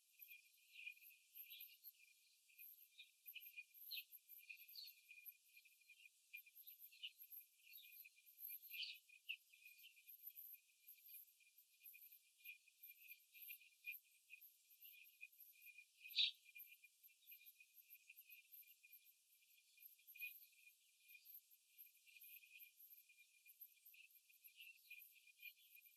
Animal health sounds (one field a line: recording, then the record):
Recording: young laying hens in a cage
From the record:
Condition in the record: after the stressor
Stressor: simulated dog barking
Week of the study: 3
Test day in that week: 2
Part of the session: 1